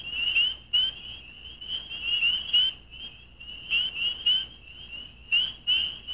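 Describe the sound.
Spring peeper piping short, high upslurred peeps, a few louder ones standing out against a steady background chorus of other peepers.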